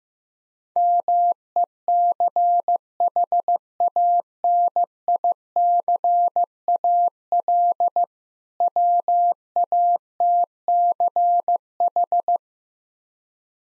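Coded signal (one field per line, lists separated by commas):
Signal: Morse code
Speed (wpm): 15 wpm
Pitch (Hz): 700 Hz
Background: none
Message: MECHANICAL WATCH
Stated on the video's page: Morse practice drill of difficult words at 15 wpm, with contextual hints.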